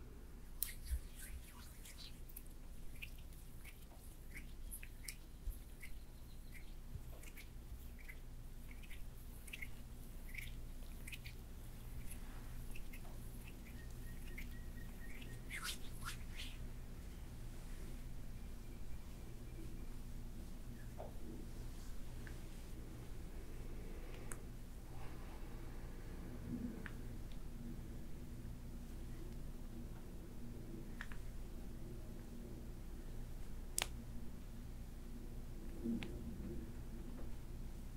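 Hair play and back scratching: quick, scratchy strokes and light rustles come thick through the first fifteen seconds, then thin out to occasional scrapes. A steady low hum runs underneath throughout, with a couple of sharp clicks near 24 and 34 seconds.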